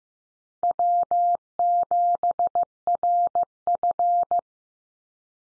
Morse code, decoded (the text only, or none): W7RF